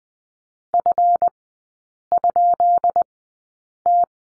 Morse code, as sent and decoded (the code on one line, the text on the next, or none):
..-. ..--.. -
F?T